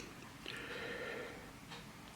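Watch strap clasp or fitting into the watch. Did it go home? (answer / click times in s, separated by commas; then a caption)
no / none. A watch strap or clasp part is being pushed down into the watch by hand. A brief tick at about 0.5 s is followed by a faint steady tonal hum through the middle of the clip over low background noise. Nothing has seated or clicked home yet.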